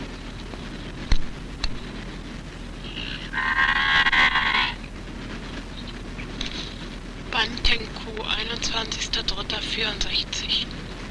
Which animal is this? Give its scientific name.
Bos javanicus